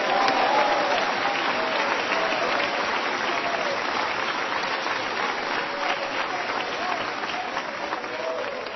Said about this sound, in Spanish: ¡Alabado sea Dios! Dele palmas al Señor, hermano.